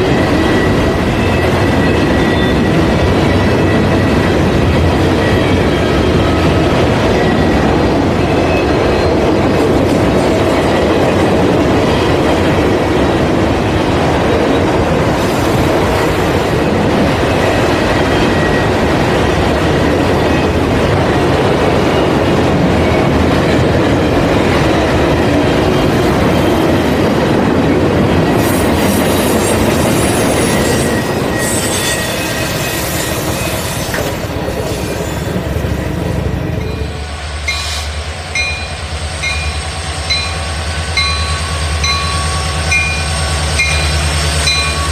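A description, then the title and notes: A train runs on its tracks with a dense, steady rumble and rattling clatter for most of the clip. Around the half-minute mark the sound shifts, and near 37 seconds the low roar drops away, leaving a thinner, ringing whine with faint tonal lines. Train On Tracks.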